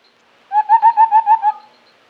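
White-browed scimitar babbler calling a quick run of about seven hollow, fluty hooting notes on one pitch, lasting about a second, with otherwise quiet surroundings.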